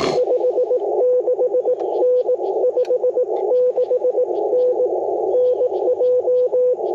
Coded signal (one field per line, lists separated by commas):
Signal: Morse code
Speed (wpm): 18 wpm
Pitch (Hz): 500 Hz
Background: radio noise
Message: 56N 56N NJ